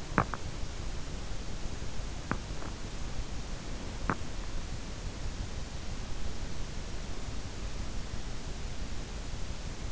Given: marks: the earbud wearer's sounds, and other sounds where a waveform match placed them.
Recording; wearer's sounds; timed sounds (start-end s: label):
sounds in sleep by an in-ear microphone; teeth grinding
0.00-4.37 s: teeth grinding